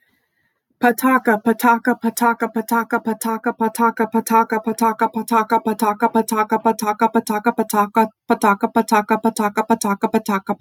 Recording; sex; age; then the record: repeated syllables /pa ta ka/; female; 30 to 39 years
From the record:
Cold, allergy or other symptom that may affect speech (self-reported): no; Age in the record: 33 years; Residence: Nebraska, United States